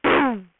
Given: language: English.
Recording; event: throat vibration sensor signal played as sound; throat clearing